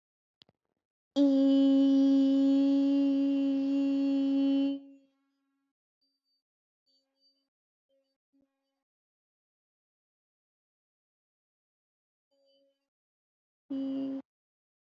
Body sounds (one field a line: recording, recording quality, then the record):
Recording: sustained vowel as in beet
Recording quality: excellent, no background noise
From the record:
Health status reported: COVID-19 positive, no symptoms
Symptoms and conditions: none ticked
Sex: female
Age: 23 years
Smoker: not ticked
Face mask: worn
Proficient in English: yes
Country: India